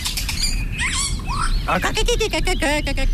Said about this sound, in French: Oh, le joli Philoscopus colibita.